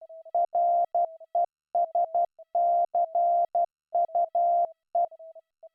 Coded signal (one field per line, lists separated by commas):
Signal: Morse code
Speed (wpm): 12 wpm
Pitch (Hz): 690 Hz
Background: none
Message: RESCUE